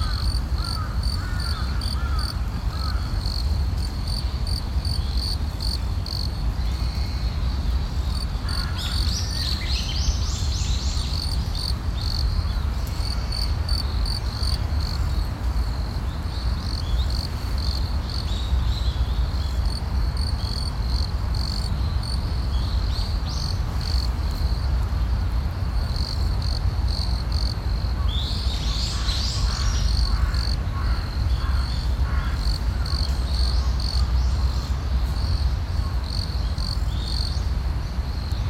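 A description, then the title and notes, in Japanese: Birds call now and then, with a bright chirping burst near ten seconds and another around twenty-nine, and softer calls early on. Underneath, a steady high insect trill runs throughout, with a constant low rumble filling the background. 公園の朝散歩より。鳥たちの声。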